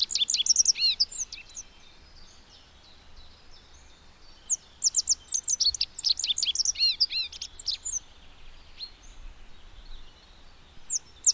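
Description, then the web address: Rock bunting song: a short high twittering phrase, a pause, then a longer run of rapid, thin notes, followed by a few faint notes. "agykontroll Madardalok Cd 2. Bajszos sármány"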